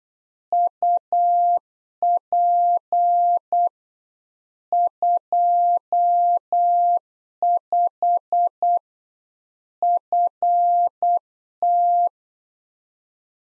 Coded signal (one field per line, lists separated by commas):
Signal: Morse code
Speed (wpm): 8 wpm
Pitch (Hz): 700 Hz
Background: none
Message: UP 25 FT